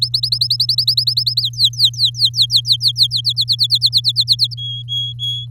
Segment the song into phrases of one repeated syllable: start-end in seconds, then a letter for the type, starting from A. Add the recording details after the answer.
0.01-1.41 A, 1.42-3.07 B, 3.11-4.54 C, 4.57-5.46 D. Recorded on 6 May 2018 at 17:09. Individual llb16